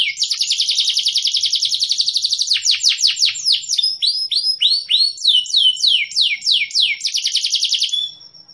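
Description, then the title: Atlantic canary singing rapid buzzy trills that shift into a series of sharp downward-swept whistles, then return to a fast rattling trill before ending. Canary song with cengkok (varied melodic phrasing), f2ys bird, loud. "Cengkok Kenari Mewah. Kenari f2ys"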